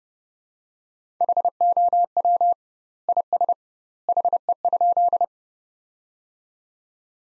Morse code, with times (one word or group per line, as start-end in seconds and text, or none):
1.2-2.5 HOW
3.1-3.5 IS
4.1-5.2 HE?